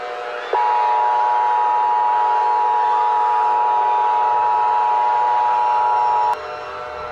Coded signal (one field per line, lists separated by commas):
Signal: Emergency Alert System (SAME) tones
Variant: 853 and 960 Hz attention tone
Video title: New Year Attack | An EAS Scenario (ft.Channel 48 EAS)